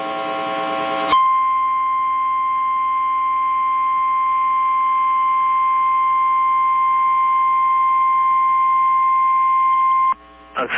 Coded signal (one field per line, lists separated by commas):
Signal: Emergency Alert System (SAME) tones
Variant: 1050 Hz attention tone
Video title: GETTING ALERTS AT WORK ONCE MORE... EAS Alerts from 8/4/25 (EAS #6,145 - 6,162)